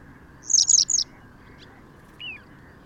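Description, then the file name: Western yellow wagtail calling three quick high downslurred notes, then a lower, softer short note over faint background hum. "Gele Kwikstaart Motacilla flava"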